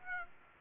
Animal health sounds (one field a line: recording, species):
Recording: mosquito wingbeat signal from an infrared sensor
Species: Aedes aegypti